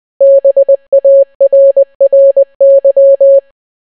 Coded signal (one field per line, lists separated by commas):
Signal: Morse code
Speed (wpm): 20 wpm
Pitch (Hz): 550 Hz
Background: none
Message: BARRY